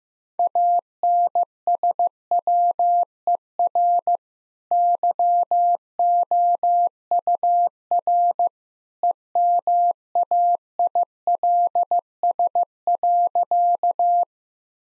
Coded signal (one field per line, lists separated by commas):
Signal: Morse code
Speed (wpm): 15 wpm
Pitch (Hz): 700 Hz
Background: none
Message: ANSWER YOUR EMAILS.